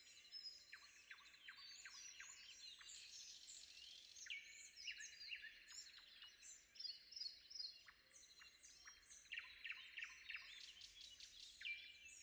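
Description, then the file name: Common nightingale song: varied sharp notes, short buzzy phrases and high thin whistles. Recorded before dawn. "predawn nightingale"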